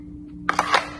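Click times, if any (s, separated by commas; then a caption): 0.5 s. A P320 pistol is pushed into a custom-fit kydex IWB holster whose screws were tightened for a snug fit. It snaps in with a sharp click at 0.5 s, followed by further clicks and rattles around 0.6 s and 0.75 s. The pistol is seated well.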